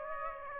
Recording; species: mosquito wingbeat signal from an infrared sensor; Aedes aegypti